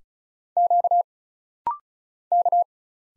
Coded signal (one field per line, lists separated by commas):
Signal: Morse code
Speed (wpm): 36 wpm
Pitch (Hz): 700 Hz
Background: none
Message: Q K